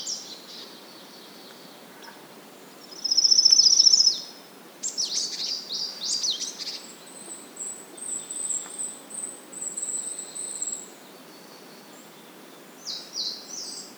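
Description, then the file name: Marsh tit calls: a brief high buzzy trill, then clusters of sharp, falling high notes and thin whistles, with steady faint background hiss. "Poecile palustris"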